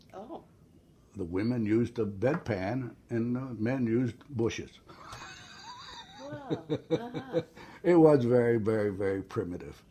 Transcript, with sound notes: Oh.
The women used a bedpan and the men used bushes (laughs)
Well, ah ha.
It was very, very, very primitive.